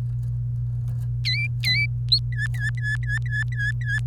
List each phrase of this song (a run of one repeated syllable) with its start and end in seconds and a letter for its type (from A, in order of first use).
1.25-1.86 A, 2.33-3.98 B